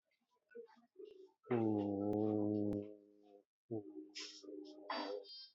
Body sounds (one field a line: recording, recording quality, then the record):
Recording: sustained vowel as in boot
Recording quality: moderate, slight background noise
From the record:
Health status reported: COVID-19 positive, mild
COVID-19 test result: positive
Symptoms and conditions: fever, loss of smell and taste, diabetes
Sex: male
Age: 47 years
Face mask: not worn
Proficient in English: yes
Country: India